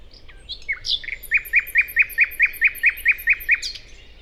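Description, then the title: Common nightingale song: a rapid series of many identical sharp down-slurred notes after a few varied opening phrases, with high ticking notes above. First nightingale songs of the year: a solo daytime singer on a wide drivable track in planted Forêt de Chautagne near roads, Serrières-en-Chautagne, France; Dodotronic stereo parabola. "Forêt de Chautagne - Serrières-en-Chautagne, France - Premiers rossignols de l'an"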